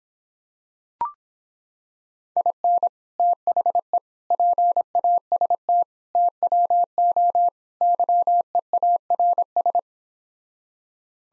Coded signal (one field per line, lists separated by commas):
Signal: Morse code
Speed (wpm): 26 wpm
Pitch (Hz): 700 Hz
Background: none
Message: IN THE PAST TWO YEARS